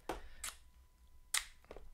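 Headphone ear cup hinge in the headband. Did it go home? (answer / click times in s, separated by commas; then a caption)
yes / 1.4 s. An ear cup of AUSDOM M07 foldable on-ear wireless Bluetooth headphones is folded or unfolded at its plastic hinge in the headband until it locks. Sharp handling clicks come at about 0.1 and 0.4 seconds, then a bright snap at 1.4 seconds as the hinge seats into place, followed by a few faint ticks near 1.7 seconds.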